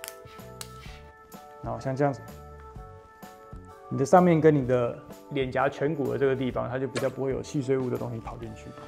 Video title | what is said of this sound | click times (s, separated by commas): 米沃奇 護目鏡、安全眼鏡蓋高尚的安全裝備一次看How to SAVE YOUR LIFE ( 2021 Milwaukee PPE) | 有的時候你在操作一些比較細微的東西或者是比較可能會有噴濺的時候你就可以把這個軟墊扣上去 | 0.1 s, 0.6 s